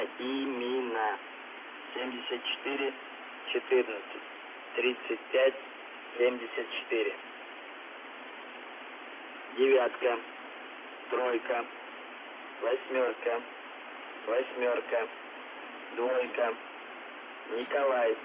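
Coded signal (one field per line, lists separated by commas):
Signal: coded military voice message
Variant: UVB-76, Russian voice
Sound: a voice reading short groups of numbers over radio hiss, with pauses between groups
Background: radio static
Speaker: apenas três mensagens de voz foram comprovadamente transmitidas pela uvb como você pode acompanhar agora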